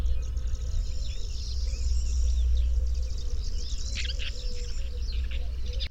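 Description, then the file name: Woodchat shrike singing, a thin, high warbling of twisting notes with a few harsher bursts near the end, over steady low hum. "woodchat-shrike-2-omkicau"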